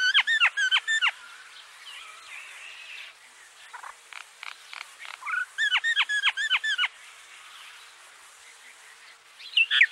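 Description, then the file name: Common myna calls as bursts of steep, ringing downslurred notes, several in quick succession, with quieter notes between the loud bursts. "Indian Myna"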